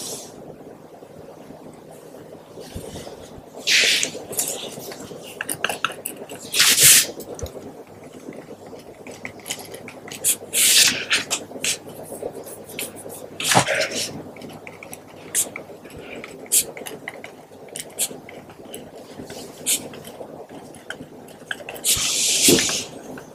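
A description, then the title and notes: A pen scratches and taps on a surface, with sharp bright clicks and scratchy bursts scattered irregularly throughout. Louder strokes land near 4, 7, 11, 14 and 22 seconds. Between them, fainter ticks and a low steady hum continue. Including pen writing, tapping, and clicking sounds.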